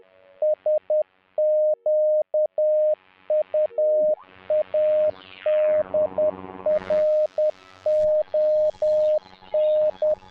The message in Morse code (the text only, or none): SQUADRON